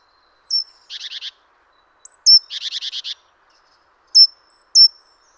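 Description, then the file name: Great tit giving two sharp high notes each trailed by a harsh rattling churr, then several clipped high pings near the end. "Parus major"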